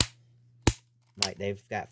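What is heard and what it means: The bigger back leg hip joint of a plastic toy figure is moved through its ratchet, giving two loud, sharp snapping clicks at 0.0 and 0.7 seconds as it locks into place. The joint has about four locking positions. Someone talks at the end.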